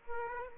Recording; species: mosquito wingbeat signal from an infrared sensor; Aedes aegypti